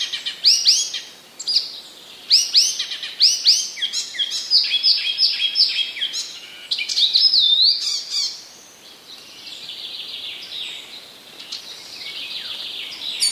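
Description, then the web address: Icterine warbler pouring out a varied song of sharp rising notes, repeated motifs and chatter, fading to softer twittering near the end. Recorded in 2015; part of a passerine collection. "wroblowe kolekcja zaganiacz 2015"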